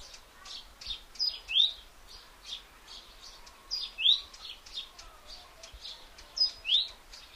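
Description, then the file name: Great tit repeating a bright high-then-lower two-note phrase three times, roughly every two and a half seconds. "Parus major"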